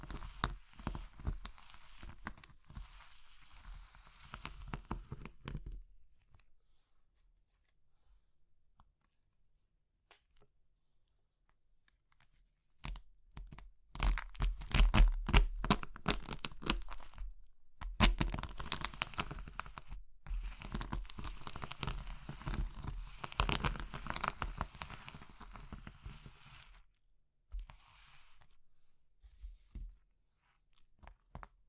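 Crisp crushing and crumbling sounds come in bursts of dense, crackly crunches, with sharp snaps and tearing textures. A busy stretch opens the clip, then near silence from about 6 to 13 seconds, before louder, denser crushing resumes and continues almost to the end.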